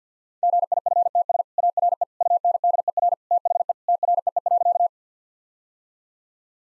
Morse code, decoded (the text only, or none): GIFTS ARE UNDER THE TREE.